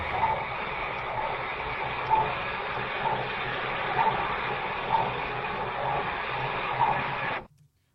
This is a recording of Laika's heartbeat as she orbited the Earth. On November 6th, after Laika had been up there for 3 days, all seemed to be going well, and her heartbeat sounded like this.